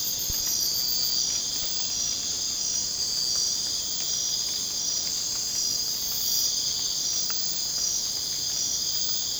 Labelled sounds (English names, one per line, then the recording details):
none
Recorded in secondary vegetation near Puerto Asís, Putumayo, Colombia, on 27 June 2025 at 01:30
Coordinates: 0.484, -76.319
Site G074